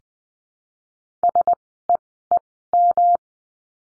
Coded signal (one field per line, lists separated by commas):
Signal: Morse code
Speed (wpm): 20 wpm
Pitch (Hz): 700 Hz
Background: none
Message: SEEM